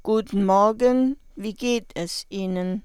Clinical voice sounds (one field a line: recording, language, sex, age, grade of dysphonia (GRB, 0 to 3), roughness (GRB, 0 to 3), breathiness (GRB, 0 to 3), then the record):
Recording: spoken sentence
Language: German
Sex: female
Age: 40 to 49 years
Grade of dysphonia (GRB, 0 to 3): 2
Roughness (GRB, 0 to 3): 2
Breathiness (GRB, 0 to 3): 1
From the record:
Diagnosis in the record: hyperfunctional dysphonia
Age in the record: 49 years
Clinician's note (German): Ponogen, Nebenbemerkung: Cortison-Spray bei allergischem Asthma